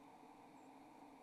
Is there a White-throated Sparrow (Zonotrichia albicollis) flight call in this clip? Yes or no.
no